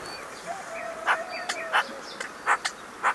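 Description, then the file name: Eurasian magpie harsh calls: several short rasping bursts, with faint thin whistles underneath. "Pica pica"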